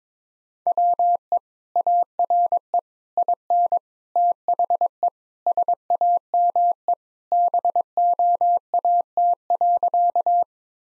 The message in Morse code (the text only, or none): WE ARE IN THE SAME BOAT.